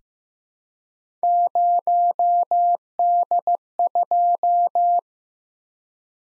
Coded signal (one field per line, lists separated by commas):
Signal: Morse code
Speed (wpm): 15 wpm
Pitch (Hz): 700 Hz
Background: none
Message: 0D2